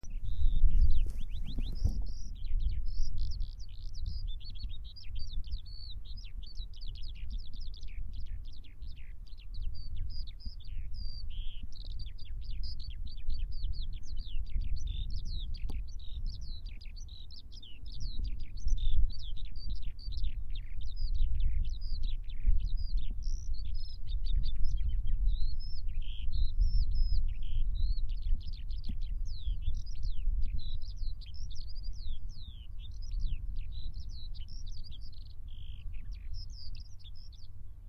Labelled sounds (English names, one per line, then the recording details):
Eurasian Skylark song
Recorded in the wild
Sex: male
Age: adult
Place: Bad Sulza, Thüringer Becken, Thüringen, DE
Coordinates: 51.0861, 11.6503
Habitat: field
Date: 2012-03-10 14:04
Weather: 6°C, cloudy, moderate winds
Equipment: Sound Devices 702, Sennheiser MKH 415 T, Rhode Windschutz
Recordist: Frommolt, Karl-Heinz
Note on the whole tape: Feldflur östlich von Bergsulza: Gesang von zwei Feldlerchen. Entfernung ca. 30 bis 40 m